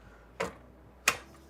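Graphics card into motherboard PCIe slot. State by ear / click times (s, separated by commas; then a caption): seated / 0.4 s. A graphics card, an RTX 5080 FE, is lined up and pressed into the motherboard's PCIe slot, and it snaps in with a sharp click at 0.4 s. A second, louder click follows at 1.1 s. The card is confirmed seated in the slot.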